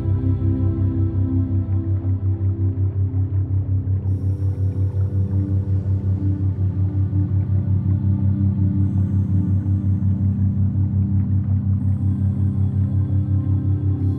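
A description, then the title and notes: Theta binaural beats: a steady, low droning tone throbs in a fast, even pulse, several beats per second, under soft sustained pads. Faint, bright chime-like tones drift in high above around four, nine and twelve seconds. Mystical Sleep Theta Binaural Beats Cleanse. Theta pattern: 4–8 Hz.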